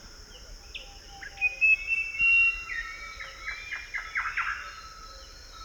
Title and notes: Find me in the forest!. Louis Boon Western Nicator(Nicator chloris)